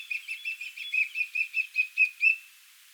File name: Sylvia atricapilla